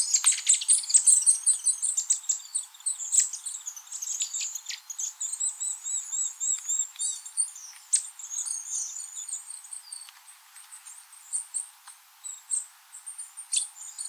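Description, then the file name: Eurasian nuthatch calling, many short, sharp high notes amid dense, thin twittering, growing quieter toward the end. "Sitta europaea"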